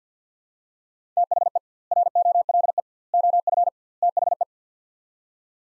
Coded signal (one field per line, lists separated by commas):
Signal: Morse code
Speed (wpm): 50 wpm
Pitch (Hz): 700 Hz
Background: none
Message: THE ROLE OF THE